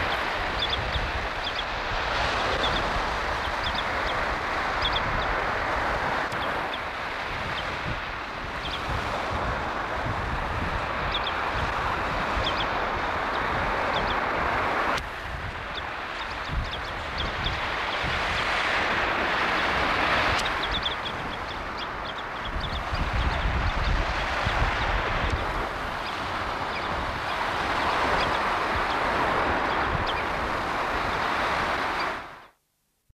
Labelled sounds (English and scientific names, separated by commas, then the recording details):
Sanderling (Calidris alba) call
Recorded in captivity
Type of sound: call
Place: Norderney, DE
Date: 1973-10-06
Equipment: Halbspur, 9,5 cm/s
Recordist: Lütgens, Hans
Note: Rufe, vor Aufzeichner herlaufend